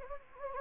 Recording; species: mosquito wingbeat signal from an infrared sensor; Anopheles gambiae